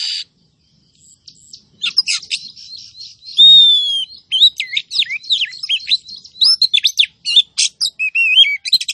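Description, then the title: Oriental magpie-robin pouring out a rapid, varied stream of sharp chirps, whistles and high notes after a brief quiet start. Female calling a male so that he sings; used as a lure to rouse a sluggish male into singing and fighting. "Kacer BETINA Memanggil Kacer JANTAN agar GACOR Pancingan Kacer LELET"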